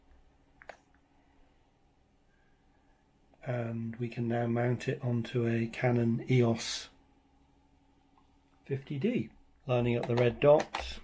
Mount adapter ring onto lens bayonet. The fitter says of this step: this fits on slightly tricky to get it on but it clicks into place and